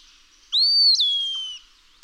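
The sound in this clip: Eastern wood-pewee song, a pure whistle that climbs, breaks, and slides down into a long falling pee-yoo note.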